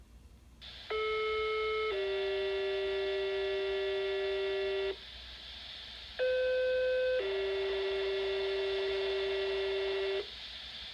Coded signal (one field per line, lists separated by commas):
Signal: two-tone page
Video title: Monthly Siren Pager Test! (Only Pager Tones)